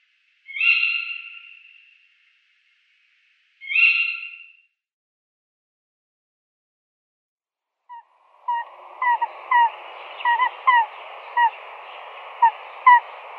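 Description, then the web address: Tawny Owl calls: two loud, harsh shrieks about three seconds apart, followed by a hissy background with short chirping notes. Female calls. "Schulze Peter Tawny Owl female calls"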